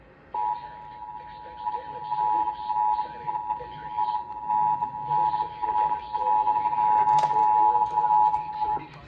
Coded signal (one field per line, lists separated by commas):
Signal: Emergency Alert System (SAME) tones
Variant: 853 and 960 Hz attention tone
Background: speech